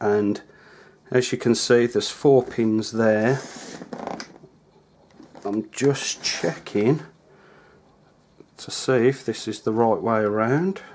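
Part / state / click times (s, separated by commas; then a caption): 4-pin CPU power plug into motherboard header / not seated / none. Someone talks while handling a 4-pin CPU power plug, turning it to check its orientation before pushing it into the motherboard header, with a few brief light handling sounds around 3.9 to 4.4 s between the talking. Nothing has seated or clicked yet.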